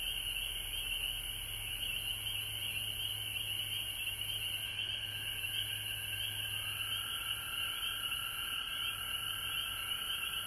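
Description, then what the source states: Frogs calling together in a thick, unbroken high trill, joined midway by a lower steady trill, with a low hum for much of the stretch. Several frogs recorded at home in Georgia on March 19, 2020.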